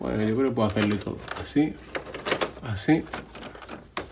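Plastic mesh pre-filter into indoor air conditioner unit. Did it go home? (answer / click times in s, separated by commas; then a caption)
yes / 4.0 s. A cleaned plastic mesh pre-filter is pushed back into an indoor air conditioning unit while someone talks. A sharp hit at 4.0 s marks the pre-filter snapping into place, fully seated.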